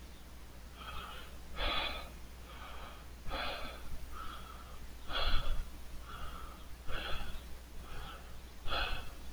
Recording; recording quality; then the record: shallow breathing; moderate, slight background noise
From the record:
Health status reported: healthy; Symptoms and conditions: none ticked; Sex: male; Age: 28 years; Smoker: not ticked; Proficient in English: yes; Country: United States